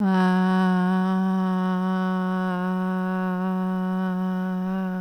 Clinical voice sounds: sustained vowel /a/; female; 30 to 39 years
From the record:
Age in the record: 37 years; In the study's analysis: included

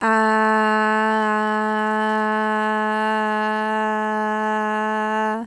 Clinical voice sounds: sustained vowel /a/; female; 20 to 29 years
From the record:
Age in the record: 26 years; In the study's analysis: included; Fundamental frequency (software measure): 213 Hz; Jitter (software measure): 0.37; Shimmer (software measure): 0.80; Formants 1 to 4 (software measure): 886 Hz, 1716 Hz, 2840 Hz, 4202 Hz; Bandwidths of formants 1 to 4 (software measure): 150 Hz, 150 Hz, 182 Hz, 248 Hz

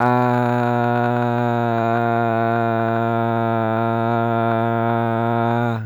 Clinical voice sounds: sustained vowel /a/; male; 20 to 29 years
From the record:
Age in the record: 24 years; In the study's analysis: included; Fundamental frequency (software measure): 114 Hz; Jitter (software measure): 0.30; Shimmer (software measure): 1.12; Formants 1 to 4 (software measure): 726 Hz, 1412 Hz, 2432 Hz, 3672 Hz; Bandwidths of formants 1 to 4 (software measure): 175 Hz, 175 Hz, 284 Hz, 250 Hz

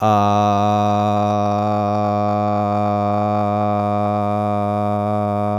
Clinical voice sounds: sustained vowel /a/; male; 20 to 29 years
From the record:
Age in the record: 24 years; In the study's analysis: included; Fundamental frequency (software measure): 104 Hz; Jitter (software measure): 0.23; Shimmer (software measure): 1.56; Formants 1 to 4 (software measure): 700 Hz, 1204 Hz, 2379 Hz, 3638 Hz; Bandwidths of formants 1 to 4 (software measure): 76 Hz, 97 Hz, 155 Hz, 148 Hz

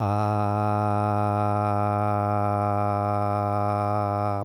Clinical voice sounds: sustained vowel /a/; male; 40 to 49 years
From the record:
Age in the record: 48 years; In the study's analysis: included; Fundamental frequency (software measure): 103 Hz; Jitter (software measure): 0.29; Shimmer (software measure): 1.05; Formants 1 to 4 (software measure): 730 Hz, 1294 Hz, 2385 Hz, 3984 Hz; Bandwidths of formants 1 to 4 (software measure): 126 Hz, 84 Hz, 151 Hz, 436 Hz

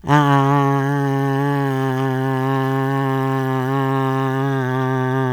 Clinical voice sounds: sustained vowel /a/; female; 70 to 79 years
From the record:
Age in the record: 71 years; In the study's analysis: excluded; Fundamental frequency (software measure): 134 Hz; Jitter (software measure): 0.30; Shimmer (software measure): 0.65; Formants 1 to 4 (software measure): 947 Hz, 1733 Hz, 3001 Hz, 4548 Hz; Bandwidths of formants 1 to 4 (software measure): 167 Hz, 155 Hz, 246 Hz, 399 Hz

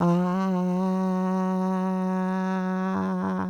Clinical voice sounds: sustained vowel /a/; female; 60 to 69 years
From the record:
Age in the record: 66 years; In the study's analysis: included

